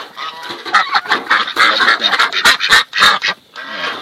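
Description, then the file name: Pekin duck quacking, a dense run of rapid harsh nasal calls, pausing briefly near the end. "canto do pato de pequim"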